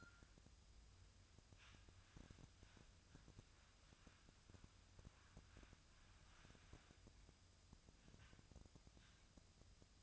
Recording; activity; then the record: daily activity, microphone in the room; wipe stove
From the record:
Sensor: 2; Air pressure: 1004.6 hPa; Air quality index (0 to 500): 76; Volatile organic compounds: 1 ppm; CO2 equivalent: 897 ppm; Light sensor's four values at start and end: 7/16/6/6 and 7/16/6/6